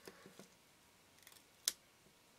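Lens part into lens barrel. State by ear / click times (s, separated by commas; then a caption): partly seated / 1.7 s. A lens part is fitted back over the barrel of an APO-Macro-Elmarit-R 1:2.8/100 macro lens during reassembly after cleaning the lens elements with hydrogen peroxide. After a few faint taps and rustles, it is pressed until it snaps into place with a single sharp click at 1.7 s. It seats with only one click, not the full set, so the fit is only partly confirmed.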